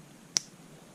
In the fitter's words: to snap that linkage on to that ball stud